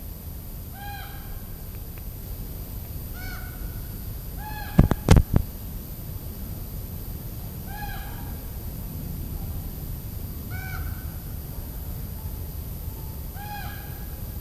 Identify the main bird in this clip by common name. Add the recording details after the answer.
Common Raven. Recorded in captivity. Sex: group. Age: diverse. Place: Tegeler See, Berlin, DE. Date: 2005-08-19 16:42. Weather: cloudy, 23°C. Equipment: Panasonic RQ-2102, Sennheiser ME 80, Kopie Uher 4000 Report Monitor. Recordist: Tembrock, Günter. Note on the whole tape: Mehrere Tiere: Rufe. Wahrscheinlich aus größerer Entfernung aufgenommen. Technisch bedingtes Brummen in der Aufnahme